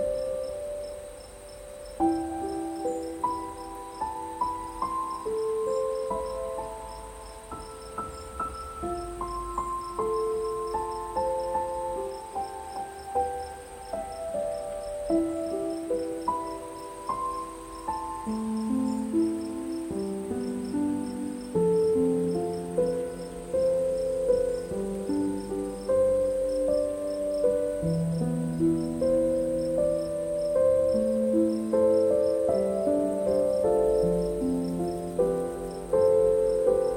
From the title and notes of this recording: Relaxing Sleep Music and Night Nature Sounds - Soft Crickets, Beautiful Piano, Deep Sleep Music.